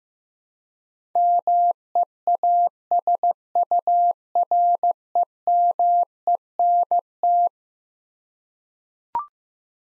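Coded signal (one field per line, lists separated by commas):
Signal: Morse code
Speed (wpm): 15 wpm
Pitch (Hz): 700 Hz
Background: none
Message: MEASUREMENT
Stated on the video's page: Morse practice drill of eleven-letter words at 15 wpm for head-copy, each word sent twice.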